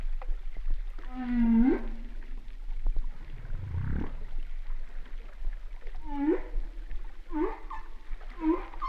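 Humpback whale song: a strong harmonic moan rising at its end, a deep rumbling grunt, then three short upswept whoops in quick succession.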